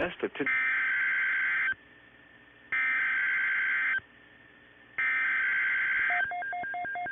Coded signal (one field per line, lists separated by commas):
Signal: Emergency Alert System (SAME) tones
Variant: header bursts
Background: speech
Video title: PDS Tornado Watch #50 (3/25/21) [EAS #61]